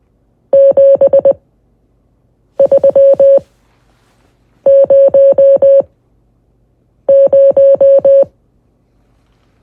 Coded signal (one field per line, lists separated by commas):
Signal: Morse code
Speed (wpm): 20 wpm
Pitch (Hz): 550 Hz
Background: music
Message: 7300